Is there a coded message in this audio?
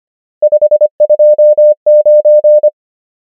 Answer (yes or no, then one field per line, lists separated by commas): yes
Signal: Morse code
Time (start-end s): 0.4-2.7 s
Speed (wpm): 25 wpm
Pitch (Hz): 600 Hz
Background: none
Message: 5 2 9